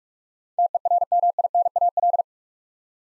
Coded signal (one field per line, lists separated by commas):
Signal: Morse code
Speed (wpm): 46 wpm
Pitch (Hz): 700 Hz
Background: none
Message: TERMINAL